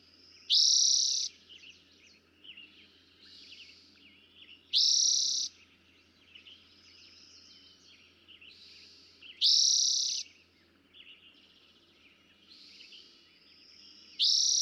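Eastern towhee song: a loud, fast trill repeated four times a few seconds apart, with quieter notes between.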